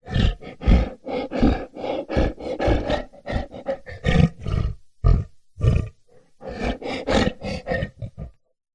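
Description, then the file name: Big cat panting, breathy rhythmic huffs in quick bursts with short pauses, some with throaty roar-like tone, continuing for about eight seconds. Lion or tiger; breathy panting; curious, playful mood. "zapsplat animals big cat lion tiger breathy panting curious playful"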